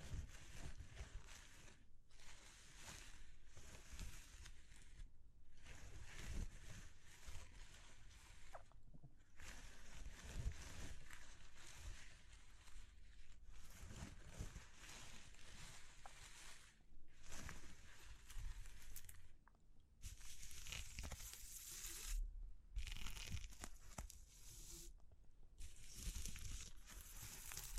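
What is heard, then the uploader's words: Dense, rustling texture runs through most of the 28 seconds, with bright hissy layers and low rumbling thumps underneath. It breaks off abruptly several times into short silences, near 2, 5, 9, 17, 20, 22 and 25 seconds, before resuming. ASMR Exploring Textures (No Talking).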